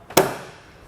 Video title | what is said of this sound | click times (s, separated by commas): DeeZee Tailgate Assist Custom Tailgate-Lowering System Installation - 2019 Ford F-350 Super Duty | of just give it a tap and it'll snap into place | 0.2 s